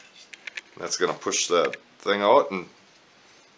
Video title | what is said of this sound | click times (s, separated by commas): Complete Rebuild a POLARIS 500 From The Bottom Up! And a 425. | There you go, you heard a click. | 0.3 s, 0.5 s, 0.6 s